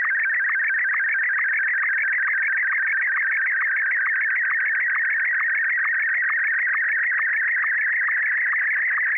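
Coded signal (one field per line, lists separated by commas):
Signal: SSTV (slow-scan television)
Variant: Martin 1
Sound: continuous warbling, chirping tone with a short low blip about twice a second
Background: FM radio hiss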